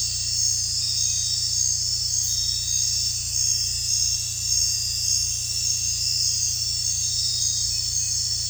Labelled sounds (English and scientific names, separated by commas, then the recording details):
none
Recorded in dense forest near Puerto Asís, Putumayo, Colombia, on 18 December 2024 at 22:00
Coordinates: 0.467, -76.328
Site GP05